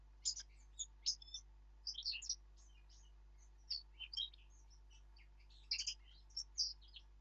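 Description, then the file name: Eurasian blackcap song: clusters of quick, high, scratchy and whistled notes separated by short pauses, over a faint low hum. "Sylvia atricapilla"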